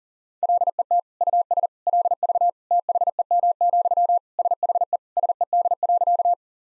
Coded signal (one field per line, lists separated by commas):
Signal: Morse code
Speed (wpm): 40 wpm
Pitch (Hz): 700 Hz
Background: none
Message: LET US LV THEM, SHE SED.